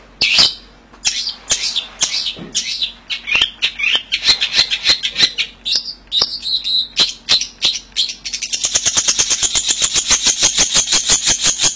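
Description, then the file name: Long-tailed shrike pouring out quick scratchy chatter and varied notes, then switching to a rapid, even, high buzzy trill for the final seconds. "cendet samohong"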